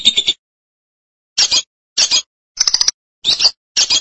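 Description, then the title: Lovebird calls in short harsh high-pitched bursts, six chirping clusters spaced irregularly with silent gaps between them. "BM Suara Burung Lovebird"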